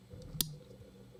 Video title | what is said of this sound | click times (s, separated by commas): Eating with Your Circadian Rhythm - Fasting Check-In - Dr. Dwain Woode | and hopefully you heard that that clicking sound | 0.4 s